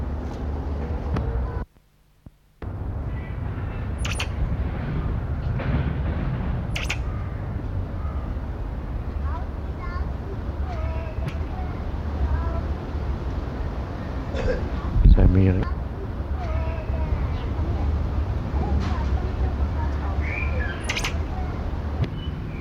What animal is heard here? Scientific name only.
Saimiri boliviensis